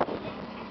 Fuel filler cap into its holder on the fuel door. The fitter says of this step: Locks in place, place to put your fuel cap.